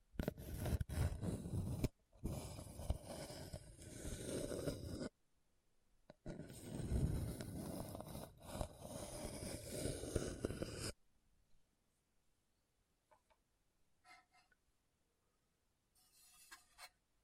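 Hard, bumpy scratching across a surface comes in two loud, dense bursts, from the start to about 5 seconds and again from about 6 to 11 seconds. Each burst is rough and gritty, with quick knocks within it. After that, only a few faint scrapes and taps break the quiet.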